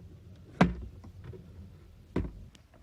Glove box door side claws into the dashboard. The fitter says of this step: now lift the glove box door until you hear the claws on the side snap into place